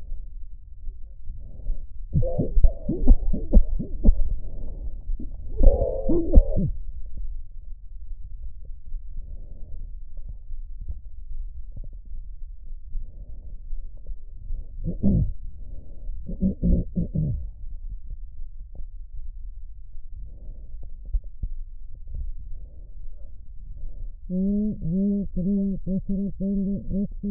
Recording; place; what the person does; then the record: lung sounds by stethoscope; right anterior apical chest; quiet breathing, then cough and speech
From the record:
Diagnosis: pulmonary infection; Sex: female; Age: 74 years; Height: 160 cm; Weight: 66 kg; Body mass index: 25.8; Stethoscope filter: extended mode